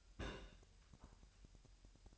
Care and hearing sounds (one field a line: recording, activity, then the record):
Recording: daily activity, microphone in the room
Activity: place on stove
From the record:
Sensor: 2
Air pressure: 1001.8 hPa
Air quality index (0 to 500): 239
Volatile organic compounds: 30 ppm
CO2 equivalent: 2967 ppm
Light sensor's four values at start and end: 5/11/4/5 and 5/11/4/5